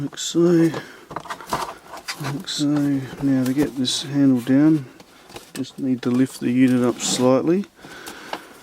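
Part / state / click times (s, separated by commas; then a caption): door handle unit into washing machine door / seated / 8.3 s. Someone talks while lifting the door handle unit slightly on the plastic door assembly of a Bosch WAS24460AU washing machine, with a few small knocks early on. A single sharp click at 8.3 s marks the handle unit seating into place in the door.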